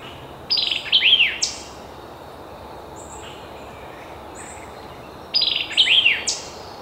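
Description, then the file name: White-eyed vireo song: two short, emphatic phrases of sharp chips and slurred whistles ending in a high snappy note, given about five seconds apart over steady background hiss. "white-eyed vireo song example 3 by mike nelson"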